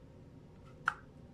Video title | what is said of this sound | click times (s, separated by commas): PART 4: How to Build and Run a Bitcoin Node (Install microSD, build case for SSD ) ₿ for Beginners | as you heard, it clicked in. | 0.9 s